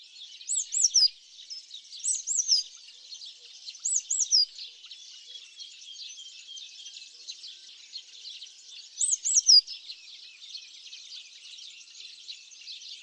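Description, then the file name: Eurasian blue tit calls: bright, very high arched notes in quick pairs or triplets, repeated a few times over a steady high background hiss. "Cyanistes caeruleus"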